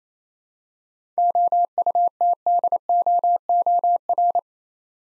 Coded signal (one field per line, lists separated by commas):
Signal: Morse code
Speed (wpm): 28 wpm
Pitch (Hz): 700 Hz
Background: none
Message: OUTDOOR